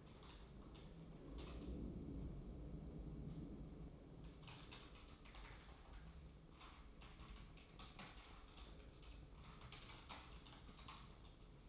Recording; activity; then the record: daily activity, microphone in the room; typing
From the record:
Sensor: 1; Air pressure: 995.3 hPa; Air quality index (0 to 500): 28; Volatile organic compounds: 1 ppm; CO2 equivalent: 541 ppm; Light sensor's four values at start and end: 14/49/17/18 and 14/49/17/18